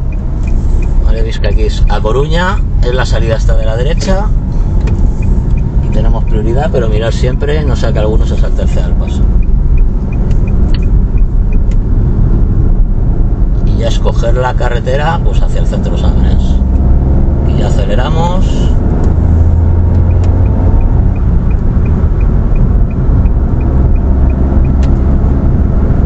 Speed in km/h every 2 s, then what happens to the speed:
27, 28, 31, 37, 40, 44, 46, 52, 63, 73, 72, 74, 78.
0-18 speeds up to 73. 21-26 speeds up to 78.